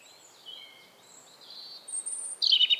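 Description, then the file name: European robin song: thin, high sustained whistles at shifting pitches, then a louder, brighter warbled flourish near the end. "Erithacus rubecula"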